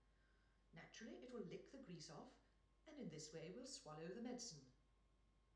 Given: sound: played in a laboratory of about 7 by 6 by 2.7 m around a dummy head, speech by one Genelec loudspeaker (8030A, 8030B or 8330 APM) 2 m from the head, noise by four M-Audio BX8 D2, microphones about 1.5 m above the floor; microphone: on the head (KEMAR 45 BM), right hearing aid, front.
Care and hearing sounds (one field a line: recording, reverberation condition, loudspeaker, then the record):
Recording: female speech in English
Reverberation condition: medium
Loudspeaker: 120 degrees to the right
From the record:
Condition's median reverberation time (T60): about 510 ms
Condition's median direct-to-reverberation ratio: about -0.5 dB